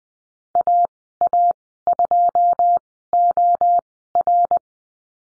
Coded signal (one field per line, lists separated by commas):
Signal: Morse code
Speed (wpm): 20 wpm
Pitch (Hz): 700 Hz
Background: none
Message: AA2OR